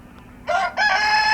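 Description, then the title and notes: Rooster crowing, with a brief first syllable and a short break, then a strong sustained harmonic note as the crow begins. Rooster in a pen at a small farmhouse in Kawcze, gmina Śrem, Wielkopolskie, Poland; intense crowing; recorded on a Roland R-07. "28g, Kawcze, gmina Śrem, powiat śremski, województwo wielkopolskie, 63-100, Polska - rooster in the pen. The intense crowing of a rooster in a small farmhouse. (roland r-07)"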